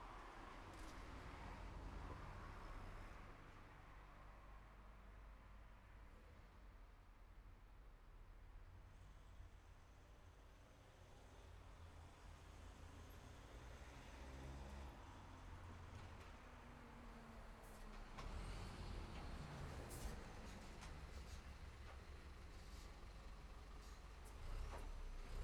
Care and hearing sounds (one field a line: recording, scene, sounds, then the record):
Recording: everyday scene through a hearing-aid microphone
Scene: in traffic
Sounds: traffic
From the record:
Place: city secondary road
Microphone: behind the ear, left, rear